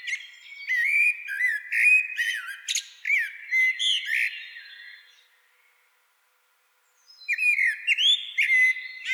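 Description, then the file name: Common blackbird song: a long run of varied mellow whistles mixed with scratchy high notes, a brief silence, then a new fluted phrase begins. "Turdus merula"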